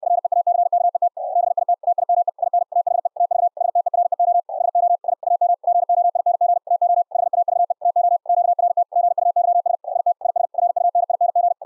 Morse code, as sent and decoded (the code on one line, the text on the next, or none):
.-. . .- -.-. -.- . - / -... .. - / - .. -- . / .. -. / - .... . / - ...- / ... - . .-. . --- / ... --- / .. / .- -- / --. --- .. -. --. / - --- / .... .- ...- . / - --- / --.- .-. - / --. ..- -.-- ... / .. - / .. ... / .-. ..- -. .. -. --.
REACKET BIT TIME IN THE TV STEREO SO I AM GOING TO HAVE TO QRT GUYS IT IS RUNING